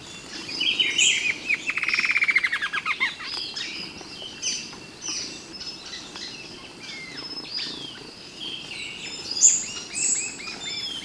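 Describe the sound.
Birds calling: a rapid series of notes falling in pitch around the two-second mark, then scattered high chirps, whistles and short squeaks over a steady hiss.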